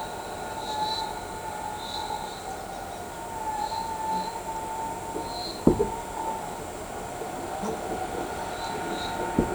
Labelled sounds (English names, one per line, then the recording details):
none
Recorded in shrubland near Pivijay, Magdalena, Colombia, on 14 April 2023 at 12:30
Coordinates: 10.453, -74.365
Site P5-G022